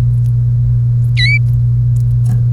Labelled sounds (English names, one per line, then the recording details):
Domestic Canary song
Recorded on 1 May 2018 at 07:19
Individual llb3